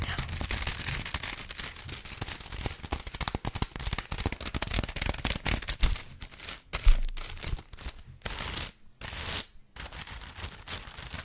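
Fingernails tap and scratch across textured chocolate in a dense, fast stream of crisp little clicks and scrapes, bright and hissy on top. After about six seconds the sound turns choppier, with short gaps of near silence between bursts and a few sharper taps.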